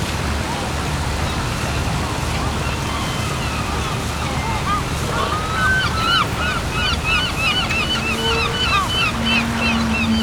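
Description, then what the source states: Gulls calling, a flurry of short repeated squealing notes in the second half over a steady wash of water noise. At a dock with fishing boats.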